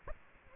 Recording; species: mosquito wingbeat signal from an infrared sensor; Aedes aegypti